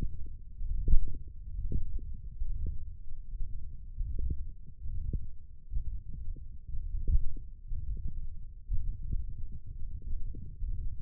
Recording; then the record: forearm muscle sounds (acoustic myography)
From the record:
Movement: radial deviation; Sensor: system 1, eight BSWA MPA416 microphones around the upper forearm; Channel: 2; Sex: male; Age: 21 years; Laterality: right